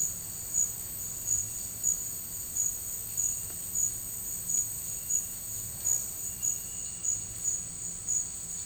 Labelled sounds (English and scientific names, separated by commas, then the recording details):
none
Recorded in dense forest near Puerto Asís, Putumayo, Colombia, on 19 March 2025 at 11:00
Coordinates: 0.485, -76.318
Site G056